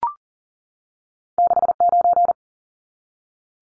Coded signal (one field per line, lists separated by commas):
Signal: Morse code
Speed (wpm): 40 wpm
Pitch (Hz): 700 Hz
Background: none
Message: 69